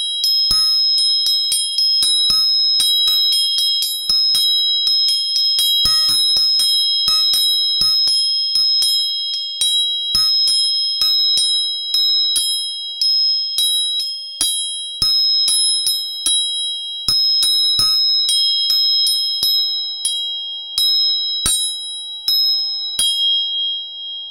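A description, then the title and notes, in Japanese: Three tuning forks ring in turn with clear, pure, high tones that hold steady between strikes. Sharp taps arrive every second or so, denser around the middle, and each note decays slowly. Beneath the bright pitches sit faint lower hums. 音叉チューニング3本。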